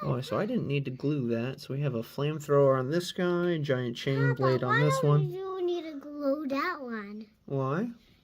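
A plastic Knight model's weapon arm is handled near its shoulder socket, to be pushed in without glue because the joint locks into place. Only talk is heard as someone and a child speak, with no clear click. Nothing has seated yet when the clip ends.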